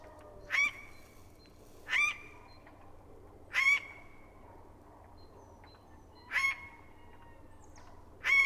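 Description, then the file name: Eurasian jay repeating a hoarse, grating screech five times at irregular intervals of one to three seconds, with faint background hum. "Garrulus glandarius"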